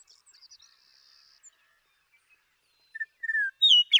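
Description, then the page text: Western meadowlark song, a few clear whistled notes then the start of a rich gurgle, cut off at the end. One male, called Bird 1, singing in Sierra Valley, eastern California, in 2018. "The joy of western meadowlark songs. Come along with me to Sierra Valley in eastern California where, during 2018, I just couldn't get enough of them"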